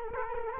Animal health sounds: mosquito wingbeat signal from an infrared sensor; Culex quinquefasciatus

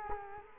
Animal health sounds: mosquito wingbeat signal from an infrared sensor; Culex quinquefasciatus

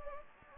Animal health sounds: mosquito wingbeat signal from an infrared sensor; Anopheles gambiae

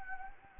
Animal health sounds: mosquito wingbeat signal from an infrared sensor; Anopheles gambiae

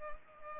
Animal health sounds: mosquito wingbeat signal from an infrared sensor; Culex pipiens

